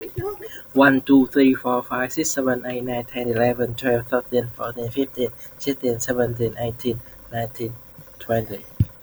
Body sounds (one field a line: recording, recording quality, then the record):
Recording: counting at a fast pace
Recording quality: excellent, no background noise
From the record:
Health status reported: healthy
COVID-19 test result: not tested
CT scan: not taken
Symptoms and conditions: cough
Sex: male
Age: 28 years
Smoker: no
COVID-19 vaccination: none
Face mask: not worn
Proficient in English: yes